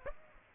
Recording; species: mosquito wingbeat signal from an infrared sensor; Aedes aegypti